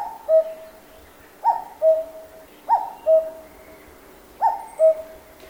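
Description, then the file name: Cuckoo singing clear cuck-oo pairs, a higher note dropping to a lower one, four calls in quick succession. Japan; forest. "BIRD CUCKOO CALL JAPAN FOREST"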